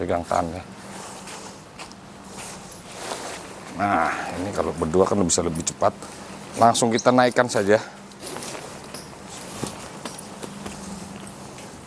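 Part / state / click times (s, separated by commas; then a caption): tent pole frame hub locking open / not seated / none. Someone talks while the folding pole frame of a Naturehike Village 5.0 Gen 2 tent is handled and raised, with rustling and short knocks near the end. Nothing has clicked yet: the frame's plastic hub has not snapped and locked into its open position.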